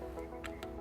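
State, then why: Seated. The other end of a connection cord is pushed into the front opening of a Respivant Sciences eFlow nebulizer controller over soft background music. A sharp click at 0.5 s shows the connector seating, followed by a second short tap at 0.6 s.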